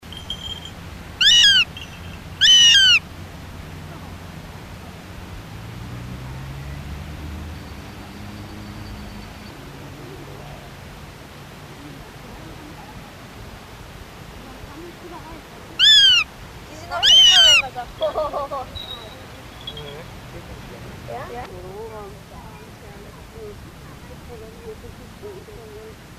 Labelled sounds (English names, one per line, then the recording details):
Northern Goshawk call
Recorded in the wild
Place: Marburg, Hessen, DE
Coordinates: 50.8089, 8.7725
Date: 1964-08-23
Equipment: Uher Report 4000, AKG D190
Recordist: Krey, Winfried